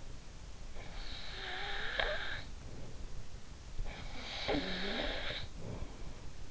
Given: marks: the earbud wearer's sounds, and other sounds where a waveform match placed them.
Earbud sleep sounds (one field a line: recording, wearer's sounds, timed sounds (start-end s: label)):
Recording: sounds in sleep by an in-ear microphone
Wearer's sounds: snoring breath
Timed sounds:
0.82-2.82 s: snoring breath
3.86-5.91 s: snoring breath